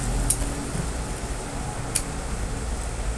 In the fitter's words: yan guys naka-lock na yan siya diyan Ayan na siya